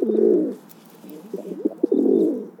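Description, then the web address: Pigeon giving two deep, rolling coos, one at the start and one near the end, with softer gurgling notes and light clicks between them. "BIRD NOTE. Pigeons"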